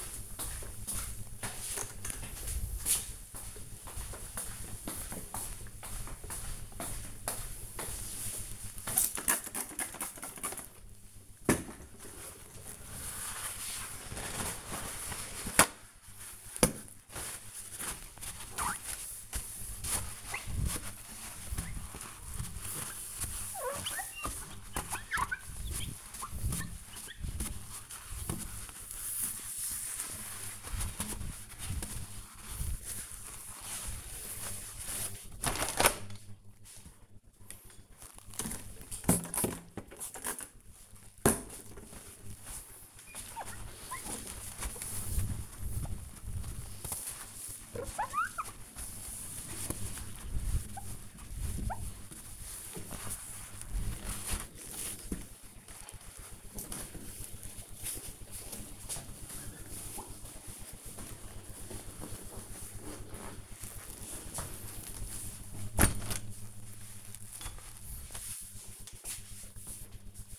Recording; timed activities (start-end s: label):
household activities, microphone on the right wrist
8.46-67.85 s: window cleaning